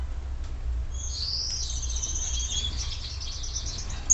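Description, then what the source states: Gouldian finch song: a long, high, wheezy hiss that holds for about three seconds, with a low background hum throughout. Red-headed individual, singing.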